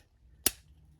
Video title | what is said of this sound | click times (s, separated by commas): ROTB Voyager Class Optimus Prime | anus bring it down you want to make sure the Grille fully extends you'll kind of hear it it'll click | 0.5 s